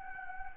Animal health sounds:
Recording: mosquito wingbeat signal from an infrared sensor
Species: Anopheles gambiae

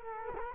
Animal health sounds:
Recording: mosquito wingbeat signal from an infrared sensor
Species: Culex quinquefasciatus

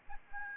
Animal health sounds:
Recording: mosquito wingbeat signal from an infrared sensor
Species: Aedes albopictus

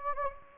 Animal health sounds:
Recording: mosquito wingbeat signal from an infrared sensor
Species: Anopheles gambiae

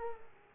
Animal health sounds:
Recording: mosquito wingbeat signal from an infrared sensor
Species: Culex pipiens

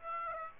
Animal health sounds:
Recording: mosquito wingbeat signal from an infrared sensor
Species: Aedes aegypti

